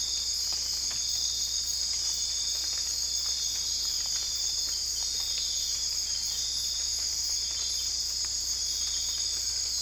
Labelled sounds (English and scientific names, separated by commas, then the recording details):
none
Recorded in dense forest near Puerto Asís, Putumayo, Colombia, on 20 December 2024 at 00:00
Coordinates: 0.485, -76.318
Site GP03